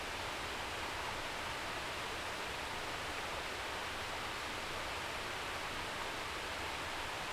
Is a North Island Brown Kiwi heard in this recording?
no